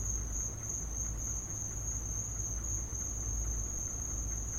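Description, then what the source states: Cricket song as a steady high, shimmering trill, accompanied by low rumbling noise. Crickets in the recordist's back yard; field recording.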